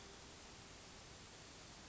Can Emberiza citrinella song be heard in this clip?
no